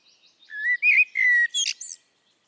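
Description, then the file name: Eurasian blackbird delivers one short phrase: a smooth low flute-like whistle sliding slightly, closed by a brief high squeaky flourish. "Turdus merula"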